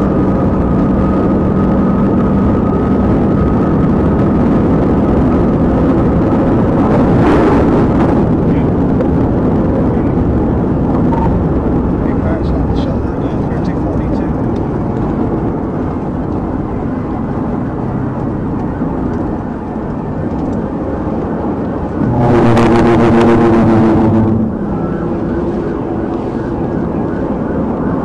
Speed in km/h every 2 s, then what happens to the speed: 184, 190, 198, 200, 192, 166, 158, 142, 130, 122, 122, 116, 111, 122.
0-7 speeds up to 200. 7-24 brakes to 111. 24-28 speeds up to 122.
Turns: none.